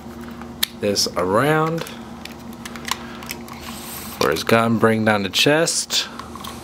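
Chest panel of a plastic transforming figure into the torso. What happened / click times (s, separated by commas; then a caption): Plastic parts handled; no definite seating snap yet / none. Someone talks while handling a plastic Transformers Combiner Wars Armada Megatron figure mid-transformation, spinning a part around and bringing the chest panel down toward the torso, with small plastic taps and clicks between the words. The clip ends before the chest panel is pressed home; nothing has seated or clicked into place yet.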